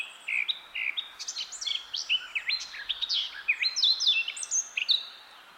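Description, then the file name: Eurasian blackcap song, a fast, continuous warble of varied whistled and scratchy notes, rising and falling in pitch through the whole passage, with a faint background hiss. "Sylvia atricapilla"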